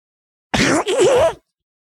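Two quick, harsh honking coughs with a wavering tone from Oscar, a sick dog, whose cough can come on at any time, night or day.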